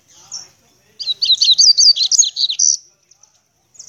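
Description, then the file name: Seedeater song: a fast two-second phrase of high, sweet slurred notes and twitters, with faint high chips before and after. "canto do papa capim"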